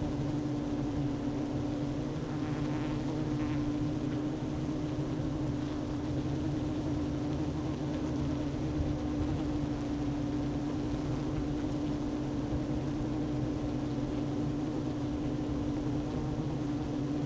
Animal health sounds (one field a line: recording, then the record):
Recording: honeybee colony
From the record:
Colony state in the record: active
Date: 12 June 2018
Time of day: 11:34